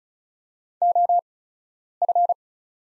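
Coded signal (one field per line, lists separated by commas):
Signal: Morse code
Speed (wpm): 36 wpm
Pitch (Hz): 700 Hz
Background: none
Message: OF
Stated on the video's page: Farnsworth practice Morse at 35wpm with 8x character spacing, sending the top 300 words.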